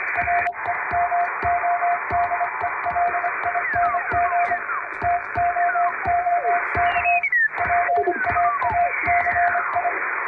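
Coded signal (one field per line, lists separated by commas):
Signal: Morse code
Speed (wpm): 25 wpm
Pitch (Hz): 700 Hz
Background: music, radio noise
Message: REMODELING TOOK PAACI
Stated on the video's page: Morse sent by hand on an MK-706 electronic keyer as live receiving practice for radio operator exams.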